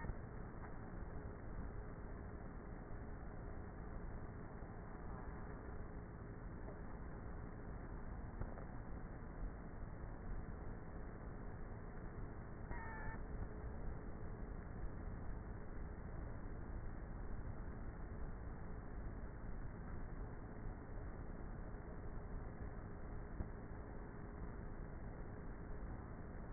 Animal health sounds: honeybee colony, microphone inside the hive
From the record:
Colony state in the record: queenless with a low population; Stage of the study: before two queens were removed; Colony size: about 30,000 bees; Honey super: no

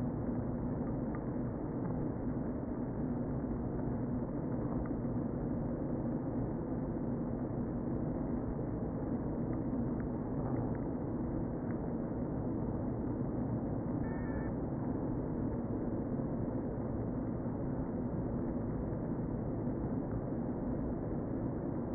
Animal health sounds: honeybee colony, microphone inside the hive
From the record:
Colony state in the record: queen present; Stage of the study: before two queens were removed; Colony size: about 60,000 bees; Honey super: yes

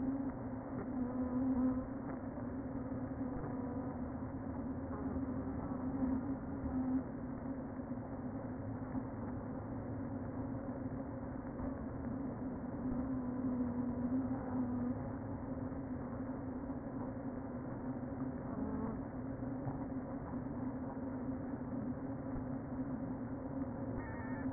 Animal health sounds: honeybee colony, microphone inside the hive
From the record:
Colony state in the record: queen present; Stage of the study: before two queens were removed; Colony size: about 60,000 bees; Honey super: yes

